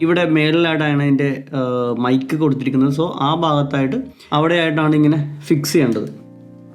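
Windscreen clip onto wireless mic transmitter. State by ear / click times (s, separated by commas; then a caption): not seated / none. A foam/fur windscreen is being fitted onto the top of a small DJI Mic Mini wireless mic transmitter, to be pressed on until its two plastic arms catch. Someone talks over background music throughout. Nothing has seated or clicked yet.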